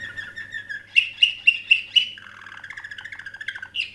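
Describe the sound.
Canary song with a short trill, five sharp ringing notes about a quarter second apart, then a steady rolling buzzy trill.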